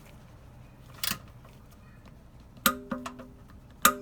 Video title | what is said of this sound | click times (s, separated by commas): How to Change the Engine Oil on a Mercedes Benz GL 450 - DIY | you go that's the noise we want to hear and click click click that means that it's been set to 30 Newton meters | 2.7 s